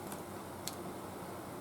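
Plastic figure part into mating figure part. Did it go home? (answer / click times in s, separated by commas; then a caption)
no / none. A plastic part of a Bandai Gundam Infinity Series combining action figure is pressed against its mating figure part, giving only low handling rustle and one faint short tick at about 0.7 s. The part does not pop or lock into place because the molds don't lock, so nothing has seated or clicked yet.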